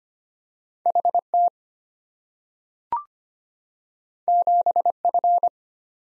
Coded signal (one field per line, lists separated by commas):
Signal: Morse code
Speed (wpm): 25 wpm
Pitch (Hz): 700 Hz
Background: none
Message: HT 7F